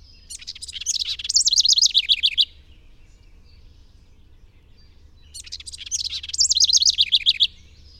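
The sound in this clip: Bird repeating its high song, two phrases about three seconds apart, each a burst of crisp ticks followed by a fast, rippling series of slurred notes.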